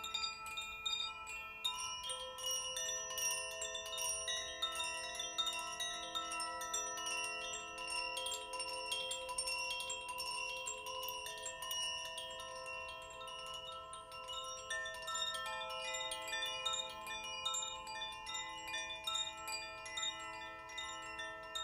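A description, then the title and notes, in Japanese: Koshi and Zaphir chimes are played continuously, their bright metallic tones ringing and overlapping into a shimmering wash. Fresh strikes arrive every fraction of a second while long notes sustain and layer over one another, with volume holding fairly steady throughout. コシチャイムとザフィアチャイムの演奏です。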